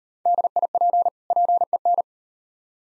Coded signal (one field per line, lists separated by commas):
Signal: Morse code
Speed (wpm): 38 wpm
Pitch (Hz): 700 Hz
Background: none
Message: DIP PEN